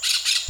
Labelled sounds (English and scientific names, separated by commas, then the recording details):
Brown-throated Parakeet (Eupsittula pertinax) contact call
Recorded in Venezuela
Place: Maracay, UCV-Agronomy campus
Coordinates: 10.278, -67.607